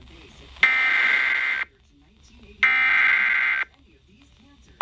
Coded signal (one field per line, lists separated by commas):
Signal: Emergency Alert System (SAME) tones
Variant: header bursts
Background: speech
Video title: EAS Alerts From July 8-9, 2022